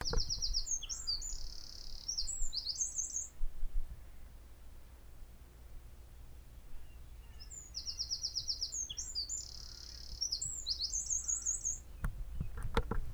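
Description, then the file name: Eurasian wren: two bursts of very high, rapid trilling notes several seconds apart, over a low rumbling background. "Troglodytes troglodytes"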